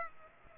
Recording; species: mosquito wingbeat signal from an infrared sensor; Culex pipiens